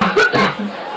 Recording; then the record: coughing mixed with background sound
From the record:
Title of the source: Barking cough - # 10